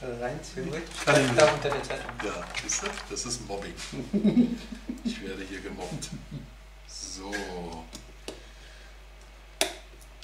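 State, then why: Seated. Someone talks while pressing a plastic nose-cladding (front) panel onto the fuselage of a DeAgostini X-Wing scale model spaceship. A sharp click at 9.6 s marks the panel snapping into its recess and seating in place.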